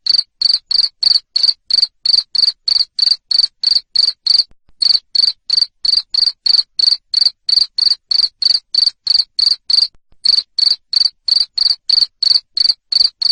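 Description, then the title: Loud cricket chirping, a rapid regular series of piercing pulses with two short pauses along the way. Loud cricket chirping used to stimulate lovebirds to sing continuously. "Suara JANGKRIK NGERIK Keras Bikin LOVEBIRD Jadi NGEKEK Terus Vubey"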